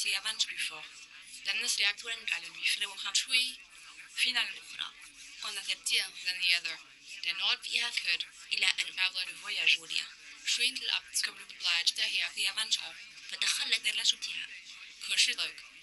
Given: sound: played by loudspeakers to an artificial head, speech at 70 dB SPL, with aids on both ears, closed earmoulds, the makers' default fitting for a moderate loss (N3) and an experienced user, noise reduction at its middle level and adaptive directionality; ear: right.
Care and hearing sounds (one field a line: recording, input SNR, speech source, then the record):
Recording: speech test signal (ISTS) in cocktail-party noise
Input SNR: +9 dB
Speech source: in front (0 degrees)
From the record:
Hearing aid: class 2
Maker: H